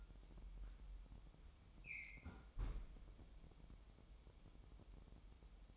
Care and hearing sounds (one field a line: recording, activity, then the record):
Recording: daily activity, microphone in the room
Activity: close fridge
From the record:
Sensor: 1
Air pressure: 988.4 hPa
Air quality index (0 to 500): 199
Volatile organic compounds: 1000 ppm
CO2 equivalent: 5302 ppm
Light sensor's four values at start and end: 26/97/36/38 and 26/97/37/38